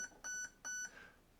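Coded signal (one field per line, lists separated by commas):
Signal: beep code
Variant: Specna Arms HAL ETU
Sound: electronic beeps, about 0.2 s each: one clipped at start, then two clear, with short echo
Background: small room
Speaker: there you go so it is in level three for pre-cocking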